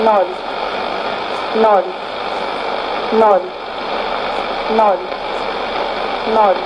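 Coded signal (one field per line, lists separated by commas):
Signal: numbers station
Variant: S06s, Russian female voice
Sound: female voice slowly reading single numbers, about one every 1.6 seconds, through static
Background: radio static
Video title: 06 06 2016 Number station S06s Russian Lady to Eu 1215 on 12165 unknown tx site CUSB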